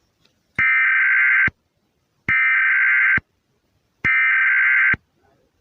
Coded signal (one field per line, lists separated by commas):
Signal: Emergency Alert System (SAME) tones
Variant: header bursts